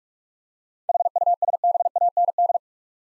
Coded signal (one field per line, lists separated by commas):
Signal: Morse code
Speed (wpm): 46 wpm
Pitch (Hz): 700 Hz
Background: none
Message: HUSBAND